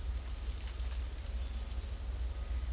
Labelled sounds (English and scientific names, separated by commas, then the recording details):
none
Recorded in dense forest near Puerto Asís, Putumayo, Colombia, on 16 December 2024 at 13:00
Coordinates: 0.466, -76.327
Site G075